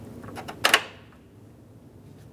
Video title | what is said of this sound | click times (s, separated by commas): How to Install Performance Headlights 1998-2002 Lincoln Navigator | it all the way down to the locked position | 0.7 s